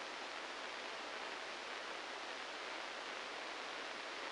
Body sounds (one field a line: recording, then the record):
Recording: brain microelectrode recording played as sound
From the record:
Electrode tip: inside the subthalamic nucleus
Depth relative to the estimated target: 3 mm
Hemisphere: right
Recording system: NeuroSet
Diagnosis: Parkinson's disease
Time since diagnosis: 9 years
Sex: male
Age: 56 years